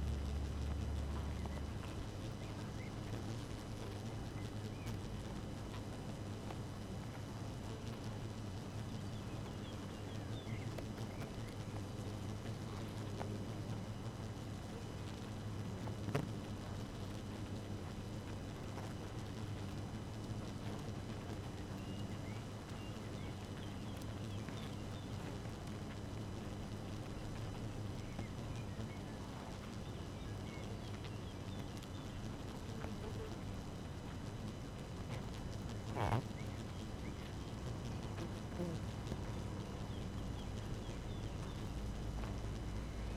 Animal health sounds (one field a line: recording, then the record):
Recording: honeybee colony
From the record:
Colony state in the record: active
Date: 12 June 2018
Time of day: 5:32